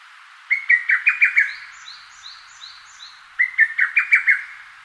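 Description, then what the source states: Lesser cuckoo song: two quick phrases of about six sharp, emphatic notes, with a series of thin, high, falling notes between them. Recorded in Rikugien garden, Tokyo, Japan.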